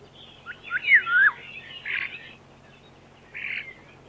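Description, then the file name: Common starling song: twisting whistles followed by harsh, buzzy chatter in short bursts. "skvoretz"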